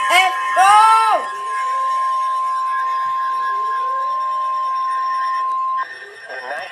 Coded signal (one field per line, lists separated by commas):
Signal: Emergency Alert System (SAME) tones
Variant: 1050 Hz attention tone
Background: speech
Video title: Flash Flood Warning #2 (EAS #51) (10/27/2023)